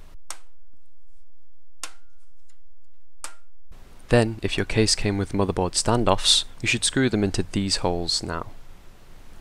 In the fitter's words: press on the corners of the iio shield until they snap into place